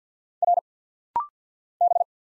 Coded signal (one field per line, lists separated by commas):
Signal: Morse code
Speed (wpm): 50 wpm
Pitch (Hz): 700 Hz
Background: none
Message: R B